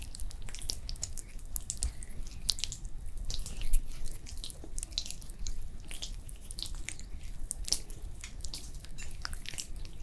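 A facial spa treatment brings soft, irregular wet clicks and drips over a steady low rumble, with sharper taps every second or so.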